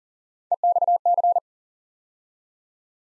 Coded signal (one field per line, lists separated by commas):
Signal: Morse code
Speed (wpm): 38 wpm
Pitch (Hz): 700 Hz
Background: none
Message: EXC